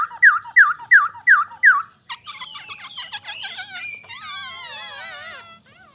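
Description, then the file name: Black-throated laughingthrush giving five loud, evenly spaced whistled notes, then a burst of harsh chattering and a rapid, wavering warble. "Pterorhinus chinensis"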